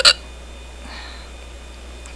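A single abrupt, sharp hiccup from an adult sounds at the very start, a brief sudden gulp lasting about a tenth of a second, followed by quiet room noise. The hiccup comes from an involuntary spasm of the diaphragm snapping the vocal cords shut.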